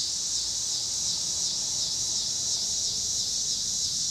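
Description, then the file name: Cicadas droning in one continuous shrill buzz, with faint low rumble underneath. Cicadas with car noise in Pittsburgh, Pennsylvania, on 26 August 2023. "2023-08-26 cicadas and cars Pittsburgh PA"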